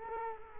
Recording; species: mosquito wingbeat signal from an infrared sensor; Culex quinquefasciatus